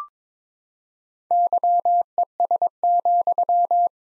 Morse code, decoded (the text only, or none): YES,